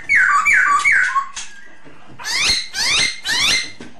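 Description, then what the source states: Masked laughingthrush song: three falling whistles in quick succession, a pause, then three harsh rising calls. Lure song (suara pancingan) of the poksay hongkong.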